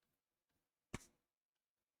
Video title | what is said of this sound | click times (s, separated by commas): [NGPC] Autopsie Neo Geo Pocket Color (problème de rouille) | Voilà, c'est clipsé. | 0.9 s